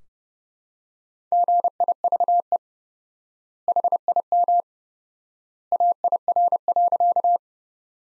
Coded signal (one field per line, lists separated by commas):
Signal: Morse code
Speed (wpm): 30 wpm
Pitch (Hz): 700 Hz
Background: none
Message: GIVE HIM AIR.